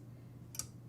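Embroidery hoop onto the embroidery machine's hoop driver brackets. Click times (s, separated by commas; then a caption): 0.6 s. An embroidery hoop is slid under the needles of a multi-needle embroidery machine onto its hoop arms, the hoop driver brackets, over a steady low hum. It snaps into place with a short double tick at about 0.6 s, and the hoop is seated.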